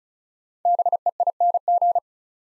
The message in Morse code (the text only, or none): BEING